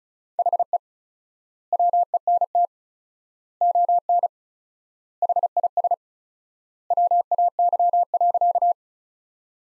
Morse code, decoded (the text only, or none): HE WENT ON HIS WAY.